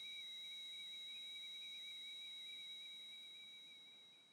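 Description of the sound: Steady high-pitched whistling tone over faint hiss, fading slightly at the end, simulating constant tinnitus, a sound that is always there. Tinnitus can be intermittent or constant; most people who experience it hear it and it goes away, but many are highly impacted.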